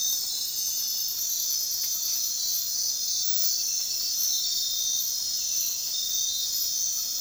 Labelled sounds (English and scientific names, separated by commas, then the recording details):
none
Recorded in dense forest near Puerto Asís, Putumayo, Colombia, on 18 February 2024 at 02:30
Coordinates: 0.466, -76.327
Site G6413